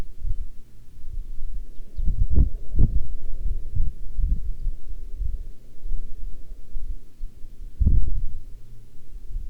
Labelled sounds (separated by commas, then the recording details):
songbird, wind
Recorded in the Arctic National Wildlife Refuge, Alaska, on 9 August 2019 at 11:02
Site 40